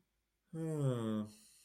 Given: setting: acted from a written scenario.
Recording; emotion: vocal sound without words; neutral